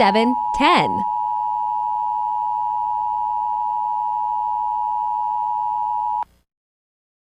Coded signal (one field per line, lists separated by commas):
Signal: Emergency Alert System (SAME) tones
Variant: 853 and 960 Hz attention tone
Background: speech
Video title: 4449 is rating eas alarms part 1